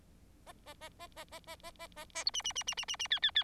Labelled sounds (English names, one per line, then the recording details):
Bengalese Finch song
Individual Bird4